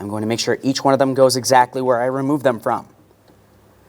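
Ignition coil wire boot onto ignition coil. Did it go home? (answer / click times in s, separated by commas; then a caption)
no / none. A man talks for about 2.8 seconds while a marked ignition coil wire boot is handled for reconnection onto its ignition coil terminal on the engine of a 2008-2016 Chrysler Town & Country, followed by near silence. Nothing has seated or clicked yet.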